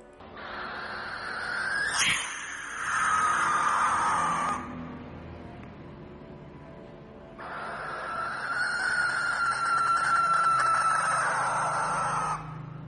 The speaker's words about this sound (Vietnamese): Từ trên cao, tiếng con chim lợn lại kêu lên ghê rợn.